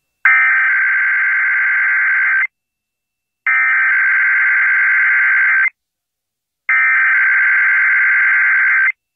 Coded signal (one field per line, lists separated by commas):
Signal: Emergency Alert System (SAME) tones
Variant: header bursts